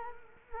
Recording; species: mosquito wingbeat signal from an infrared sensor; Culex quinquefasciatus